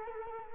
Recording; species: mosquito wingbeat signal from an infrared sensor; Culex quinquefasciatus